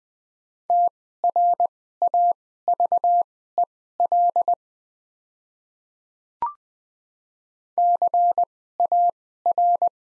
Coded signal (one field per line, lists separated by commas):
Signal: Morse code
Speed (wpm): 20 wpm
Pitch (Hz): 700 Hz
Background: none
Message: TRAVEL CAR